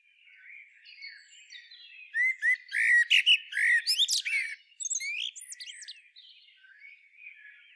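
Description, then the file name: Common blackbird calls: soft scratchy notes building into a loud cluster of squawks and rising chirps, then fading back to faint rasping. "Turdus merula"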